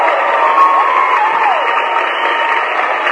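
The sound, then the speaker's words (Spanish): A crowd applauds and cheers steadily for about three seconds, a dense, even roar of clapping with a few rising whoops cutting through, slightly thin and muffled like a broadcast recording. “Por favor, un aplauso para Damián.”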